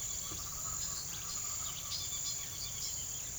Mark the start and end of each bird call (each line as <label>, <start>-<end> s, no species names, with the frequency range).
bird call (2.4-6.4 kHz), 0.00-3.17 s